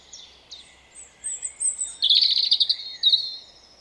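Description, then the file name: European robin delivering thin high whistles that lead into a loud jangling trill and a clear final whistle, with soft hiss underneath. "Erithacus rubecula"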